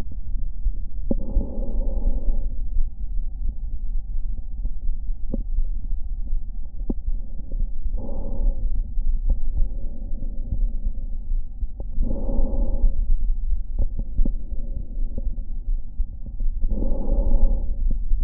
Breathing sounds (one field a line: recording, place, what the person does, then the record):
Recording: lung sounds by stethoscope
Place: right anterior apical chest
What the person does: quiet breathing, then deep breathing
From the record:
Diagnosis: COPD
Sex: female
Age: 75 years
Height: 155 cm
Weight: 67.6 kg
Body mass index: 28.1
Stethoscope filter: diaphragm mode